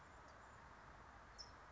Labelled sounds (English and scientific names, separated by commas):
California Towhee (Melozone crissalis)